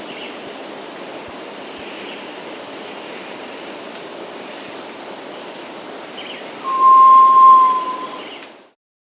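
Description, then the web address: Black tinamou song: one steady, pure whistle near the end, over a constant high insect drone and a broad hiss. South America. "Natures Songs S America Black Tinamou (Tinamus Osgoodi)"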